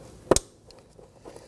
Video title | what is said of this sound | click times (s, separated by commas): How to Replace Front ABS Wheel Speed Sensors 2015-2023 Nissan Maxima | Fully push in and then ensure you hear a click. | 0.3 s, 0.4 s